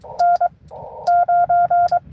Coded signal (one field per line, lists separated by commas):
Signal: Morse code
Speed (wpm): 22 wpm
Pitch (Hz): 700 Hz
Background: none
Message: N9